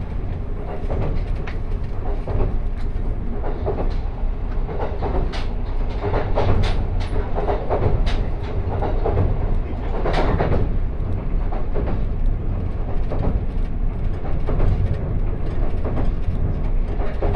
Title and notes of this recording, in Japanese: 大村線・佐世保線特急ハウステンボス26号 ハウステンボス→武雄温泉。ハウステンボスから特急ハウステンボス号で武雄温泉に向かいます